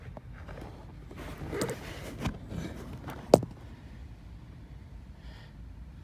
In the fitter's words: okay, so that's gone in there and it's just locked into place.